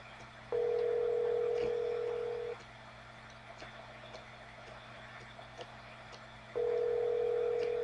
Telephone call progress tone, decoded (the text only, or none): ringback tone